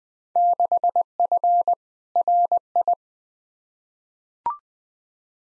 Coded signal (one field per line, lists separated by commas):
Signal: Morse code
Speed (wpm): 20 wpm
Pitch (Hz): 700 Hz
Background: none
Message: 6F RI